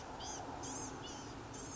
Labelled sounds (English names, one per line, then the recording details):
Blue-gray Gnatcatcher
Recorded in Sonoma County, California